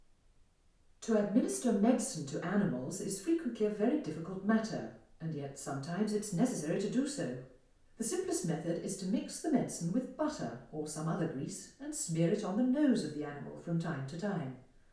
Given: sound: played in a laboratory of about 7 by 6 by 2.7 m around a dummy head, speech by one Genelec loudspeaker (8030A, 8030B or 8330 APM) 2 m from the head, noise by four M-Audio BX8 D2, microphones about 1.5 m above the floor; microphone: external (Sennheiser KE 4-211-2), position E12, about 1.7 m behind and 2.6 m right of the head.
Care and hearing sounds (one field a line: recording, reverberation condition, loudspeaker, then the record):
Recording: female speech in English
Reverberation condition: medium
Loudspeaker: 90 degrees to the left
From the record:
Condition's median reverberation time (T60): about 510 ms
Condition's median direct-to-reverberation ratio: about -0.5 dB